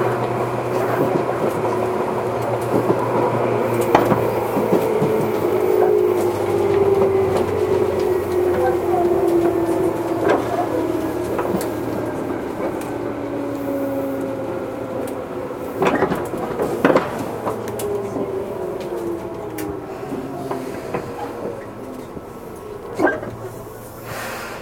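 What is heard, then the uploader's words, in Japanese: Inside a commuter train in motion, a steady low rumble carries a motor whine that slides gradually downward in pitch as the train slows. Sharp clacks from the wheels over rail joints land around 4, 10, 16–17 and 23 seconds, and the overall noise eases off toward the end. 東武鉄道20000系電車の走行音です。東京地下鉄日比谷線への直通する普通列車で録音しました。区間は、西新井から上野までです。東武20000系 普通 西新井から地下鉄上野まで。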